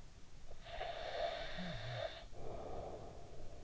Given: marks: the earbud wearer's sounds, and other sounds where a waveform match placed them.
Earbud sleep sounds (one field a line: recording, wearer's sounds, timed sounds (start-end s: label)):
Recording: sounds in sleep by an in-ear microphone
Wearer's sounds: snoring breath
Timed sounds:
0.43-3.64 s: snoring breath